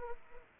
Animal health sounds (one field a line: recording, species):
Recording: mosquito wingbeat signal from an infrared sensor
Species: Aedes aegypti